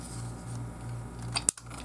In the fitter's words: until you hear a snap. Until you hear it click in.